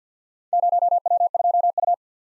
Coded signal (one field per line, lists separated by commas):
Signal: Morse code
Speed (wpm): 50 wpm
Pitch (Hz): 700 Hz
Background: none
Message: 0W2U